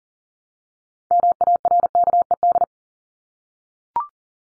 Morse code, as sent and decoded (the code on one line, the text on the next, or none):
-- .- .-. -.- . -..
MARKED